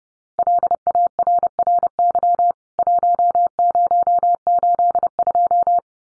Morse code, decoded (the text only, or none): LARRY 1082